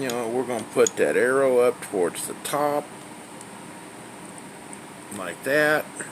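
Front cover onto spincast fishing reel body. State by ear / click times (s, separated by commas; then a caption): not seated / none. Someone talks while lining up the front cover of a vintage Zebco 66 spincast fishing reel with its arrow toward the top, ready to press it onto the reel body. A few faint handling ticks follow in the quiet stretch, and the talking resumes near the end. Nothing has seated or snapped on yet.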